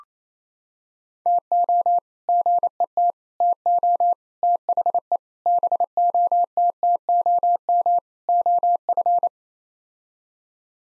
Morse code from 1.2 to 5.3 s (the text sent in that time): TO GET TO THE